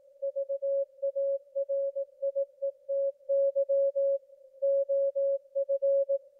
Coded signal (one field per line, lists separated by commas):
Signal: Morse code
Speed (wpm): 18 wpm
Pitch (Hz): 550 Hz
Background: none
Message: VARIETY OF